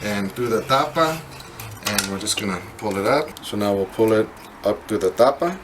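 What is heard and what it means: A nylon string with a ball end is threaded through the wooden top (tapa) of a jarana and pulled up toward the top while someone talks, with soft handling sounds under the voice. Nothing has seated or clicked yet; the clip ends before the ball end locks into place.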